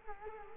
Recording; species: mosquito wingbeat signal from an infrared sensor; Culex quinquefasciatus